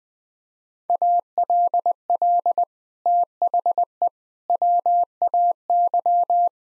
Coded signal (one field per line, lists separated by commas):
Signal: Morse code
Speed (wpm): 21 wpm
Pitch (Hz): 700 Hz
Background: none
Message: ALL THE WAY